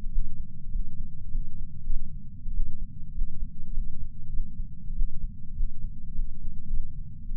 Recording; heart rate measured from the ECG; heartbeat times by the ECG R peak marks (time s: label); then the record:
heart sounds by patch sensor on the chest; 99 bpm
0.10 s: heartbeat
0.71 s: heartbeat
1.31 s: heartbeat
1.84 s: heartbeat
2.52 s: heartbeat
3.13 s: heartbeat
3.73 s: heartbeat
4.30 s: heartbeat
4.94 s: heartbeat
5.54 s: heartbeat
6.15 s: heartbeat
6.68 s: heartbeat
7.35 s: heartbeat
From the record:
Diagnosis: coronary artery disease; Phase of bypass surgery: postoperative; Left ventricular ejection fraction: 34.1%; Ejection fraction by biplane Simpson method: 29.5%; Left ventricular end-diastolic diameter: 66 mm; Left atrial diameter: 43 mm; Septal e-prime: 4.6 cm/s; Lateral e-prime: 6.7 cm/s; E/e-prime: 15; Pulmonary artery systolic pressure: 38 mmHg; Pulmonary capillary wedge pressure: 9 mmHg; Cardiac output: 3.4 L/min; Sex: male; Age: 47 years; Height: 180 cm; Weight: 90 kg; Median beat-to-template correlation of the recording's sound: 0.83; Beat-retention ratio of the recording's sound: 0.99